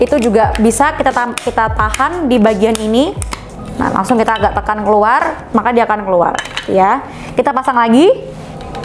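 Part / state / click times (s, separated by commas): mixing attachment into food processor / not seated / none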